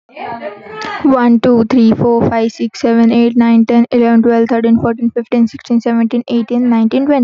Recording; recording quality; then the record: counting at a fast pace; excellent, no background noise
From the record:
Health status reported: healthy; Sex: female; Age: 22 years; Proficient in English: yes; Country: India